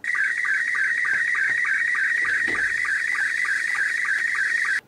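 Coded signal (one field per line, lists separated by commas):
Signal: SSTV (slow-scan television)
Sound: rapidly warbling whistle-like tone with regular short lower-pitched ticks, abrupt stop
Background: radio static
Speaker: so here's what these modem tones actually sound like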